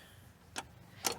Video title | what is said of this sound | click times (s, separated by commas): Everyone Needs This Table for Van Life & Camping! - Small Living - DIY Minivan Camper - | it locks up here | 0.6 s, 1.1 s